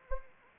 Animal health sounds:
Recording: mosquito wingbeat signal from an infrared sensor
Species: Anopheles arabiensis

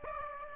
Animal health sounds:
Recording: mosquito wingbeat signal from an infrared sensor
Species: Aedes aegypti

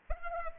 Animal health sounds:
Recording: mosquito wingbeat signal from an infrared sensor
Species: Culex pipiens

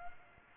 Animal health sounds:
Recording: mosquito wingbeat signal from an infrared sensor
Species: Culex pipiens

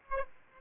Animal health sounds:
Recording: mosquito wingbeat signal from an infrared sensor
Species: Aedes aegypti

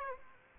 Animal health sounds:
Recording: mosquito wingbeat signal from an infrared sensor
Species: Aedes aegypti

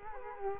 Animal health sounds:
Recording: mosquito wingbeat signal from an infrared sensor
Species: Culex quinquefasciatus

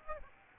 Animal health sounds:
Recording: mosquito wingbeat signal from an infrared sensor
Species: Aedes aegypti

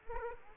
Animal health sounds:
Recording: mosquito wingbeat signal from an infrared sensor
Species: Aedes aegypti

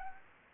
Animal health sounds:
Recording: mosquito wingbeat signal from an infrared sensor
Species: Anopheles arabiensis

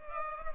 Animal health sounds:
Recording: mosquito wingbeat signal from an infrared sensor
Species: Culex pipiens

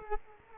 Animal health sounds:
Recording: mosquito wingbeat signal from an infrared sensor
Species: Culex quinquefasciatus

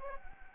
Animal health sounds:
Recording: mosquito wingbeat signal from an infrared sensor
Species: Anopheles gambiae

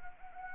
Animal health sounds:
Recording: mosquito wingbeat signal from an infrared sensor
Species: Anopheles arabiensis

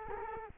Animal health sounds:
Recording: mosquito wingbeat signal from an infrared sensor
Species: Culex quinquefasciatus

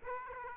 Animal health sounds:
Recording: mosquito wingbeat signal from an infrared sensor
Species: Aedes aegypti

